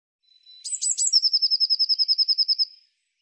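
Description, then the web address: Bird song: a few high introductory notes, then a rapid, even trill of many high notes. "Deverinetal Bird"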